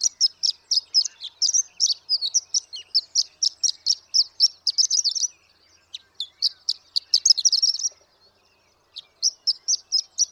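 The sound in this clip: Horned lark song of high, rapid, evenly spaced tinkling notes, broken by brief pauses, with a denser jumbled stretch before a final short run.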